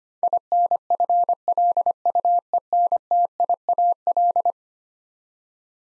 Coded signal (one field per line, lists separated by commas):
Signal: Morse code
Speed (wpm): 25 wpm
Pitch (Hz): 700 Hz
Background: none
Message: INFLUENTIAL